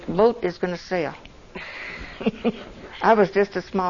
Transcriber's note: laughs